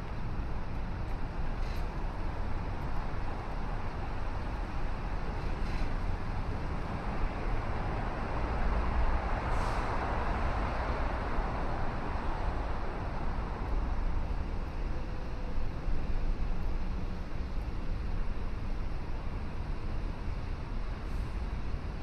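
A morning city walk along the river at sunrise, filled with a steady, dense low rumble of traffic. A passing vehicle swells louder around the middle and fades by about fifteen seconds. Faint sharp ticks surface every few seconds over the hum.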